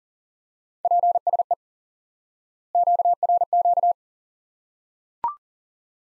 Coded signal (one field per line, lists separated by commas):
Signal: Morse code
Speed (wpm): 40 wpm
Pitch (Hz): 700 Hz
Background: none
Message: PSE QRQ